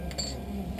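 A second plastic prescription lens is pushed out of an RB2132 New Wayfarer sunglass frame with a thumb at the nose side while the frame is held with the lenses facing down. Two sharp, short clicks are heard at 0.1 s and 0.2 s as the lens is released from the frame.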